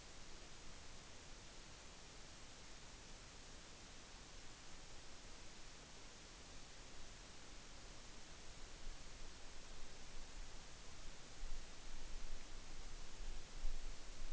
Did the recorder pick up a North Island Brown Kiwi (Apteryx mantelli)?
no